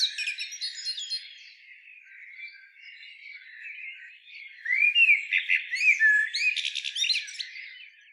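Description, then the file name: Common blackbird song: bright chirps at the start, a quieter warbling stretch, then a louder burst of twittering and a buzzy rattle toward the end. "Turdus merula"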